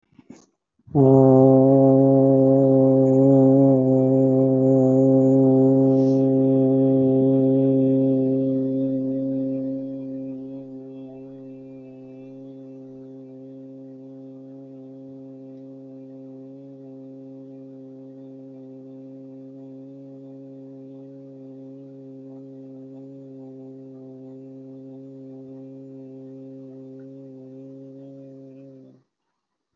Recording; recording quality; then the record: sustained vowel as in boot; excellent, no background noise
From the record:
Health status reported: healthy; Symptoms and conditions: hypertension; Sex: male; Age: 44 years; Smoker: not ticked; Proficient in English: yes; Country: India